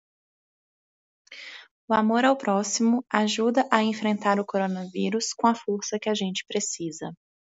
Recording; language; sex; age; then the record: spoken sentence; Brazilian Portuguese; female; 30 to 39 years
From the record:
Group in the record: control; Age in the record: 31 years